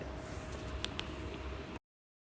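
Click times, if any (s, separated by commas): 0.8 s, 1.0 s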